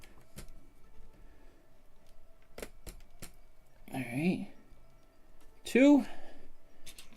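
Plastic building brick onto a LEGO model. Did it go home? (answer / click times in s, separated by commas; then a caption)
yes / 7.0 s, 7.2 s. A plastic LEGO brick is pressed onto a LEGO model during a build, with a few faint taps and someone talking in between. Two short clicks at 7.0 and 7.2 seconds show the brick seating onto the model.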